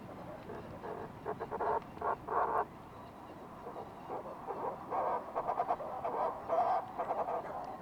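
Fulmar prion calls: repeated rough, pulsed croaks in uneven bursts throughout, some louder and rattling, set against a constant hissing background.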